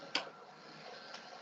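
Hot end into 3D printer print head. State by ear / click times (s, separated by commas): not seated / none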